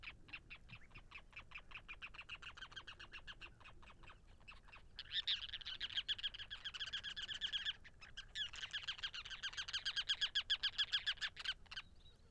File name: Ruddy Turnstone Arenaria interpres